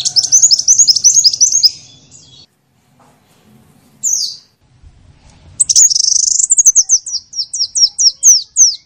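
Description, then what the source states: Sunbird song, a rapid high trill, a pause, then a buzzy burst leading into a series of quick down-slurred whistled notes. Sunbird in full song (gacor), with fill-in phrases (isian) copied from the cililin and the canary.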